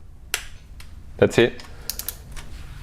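A click-type torque wrench with a 10 mm socket tightens a timing-cover bolt on a Hyundai/Kia 2.4 GDI engine to 9.8–11.8 Nm. The wrench gives a sharp click at 0.3 s, confirming the set torque is reached. Someone talks, and a few softer ticks and taps follow.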